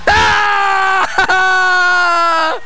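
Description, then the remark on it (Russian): A loud, piercing human scream held at a steady high pitch, broken by a brief gasp before a second long scream that sags in pitch as it fades. “Дамы и господа, этот пронзительный крик!”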